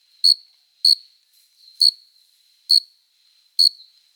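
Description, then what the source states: Cricket chirping: five short, bright chirps at an even high pitch, spaced roughly a second apart, with near silence between them. Singing cricket, recorded close up.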